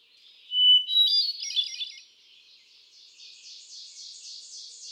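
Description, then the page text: Hermit thrush sings a single phrase, a sustained pure note then a quick fluttering cascade, followed by a softer series of repeated high notes. Male singing on 13 June 2006 at Quabbin Park, Ware, Massachusetts, United States; cycles through a repertoire of about ten different songs. "Birdsong for the Curious Naturalist. Hermit thrush"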